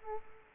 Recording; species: mosquito wingbeat signal from an infrared sensor; Culex quinquefasciatus